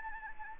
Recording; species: mosquito wingbeat signal from an infrared sensor; Anopheles gambiae